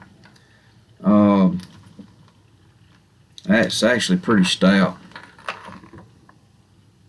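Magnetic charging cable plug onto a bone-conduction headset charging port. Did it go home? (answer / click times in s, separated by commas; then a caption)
no / none. A magnetic charging cable plug is handled near the charging port on the plastic frame of a Shokz OpenRun Pro bone-conduction headset, with small taps and clicks of handling, the sharpest around 5.5 s, while someone talks. Nothing has seated or clicked into place yet.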